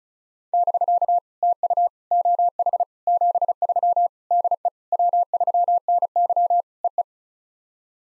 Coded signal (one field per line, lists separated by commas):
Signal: Morse code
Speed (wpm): 36 wpm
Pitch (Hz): 700 Hz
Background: none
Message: <BK> TU OH 73 DE W3NY EE